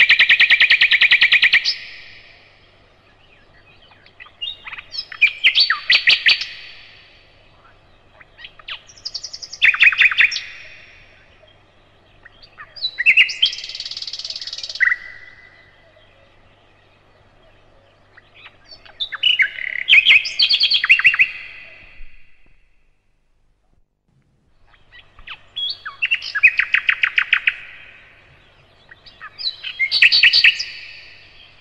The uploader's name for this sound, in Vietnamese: Tiếng chim hót